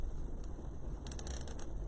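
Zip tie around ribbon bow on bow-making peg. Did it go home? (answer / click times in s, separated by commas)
yes / 1.1 s, 1.2 s, 1.3 s, 1.4 s, 1.5 s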